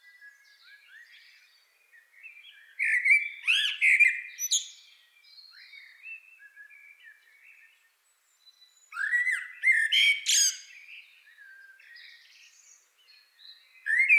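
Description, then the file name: Common blackbird song: two loud bursts of rich, low fluting notes capped by shrill chattering twitters, separated by softer warbling, with another phrase starting at the end. "Turdus merula"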